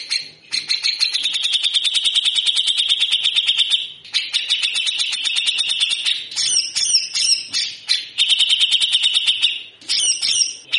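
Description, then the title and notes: Grey-cheeked bulbul giving loud, rough, buzzy chatter in long rapid runs of repeated notes, with short breaks and sharper squeaky notes mixed in. Actively singing (gacor) cucak jenggot giving harsh, rasping 'besetan kasar' song, used as a master for training birds. "MASTERAN CUCAK JENGGOT GACOR FULL BESETAN KASAR DURASI PANJANG !!!. MASTERAN CUCAK JENGGOT GACOR BESETAN KASAR DURASI RAPAT !!!. Burung cucak jenggot"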